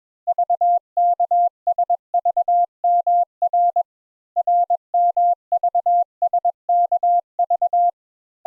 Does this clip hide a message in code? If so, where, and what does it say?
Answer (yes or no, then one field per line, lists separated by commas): yes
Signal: Morse code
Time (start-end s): 0.3-7.9 s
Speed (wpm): 22 wpm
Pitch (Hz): 700 Hz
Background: none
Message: VKSVMR RMVSKV